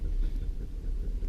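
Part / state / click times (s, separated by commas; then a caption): handbrake lever ratchet in car / not seated / none. A car's handbrake lever is pressed and pulled up by hand toward its ratchet lock, over a steady low rumble with no distinct click. Nothing has seated or clicked yet; the lever has not yet locked.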